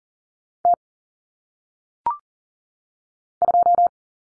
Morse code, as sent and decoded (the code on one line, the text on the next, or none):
- / ..---
T 2